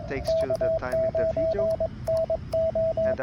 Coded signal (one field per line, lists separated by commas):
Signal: Morse code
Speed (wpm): 22 wpm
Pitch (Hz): 650 Hz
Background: speech, radio noise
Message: K9NO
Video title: VE2ZDX Toolkit for Ham Radio